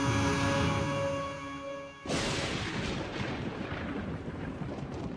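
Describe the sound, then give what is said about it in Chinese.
A sustained, humming tonal drone cuts off into a sudden loud crash of thunder during a night storm with lightning and strong wind, followed by several seconds of heavy, crackling rumble that stays loud to the end. “一道闪电划破夜空，客厅瞬间如白昼般亮起，狂风吹拂，窗帘上下翻飞，巨大的雷声轰轰作响。”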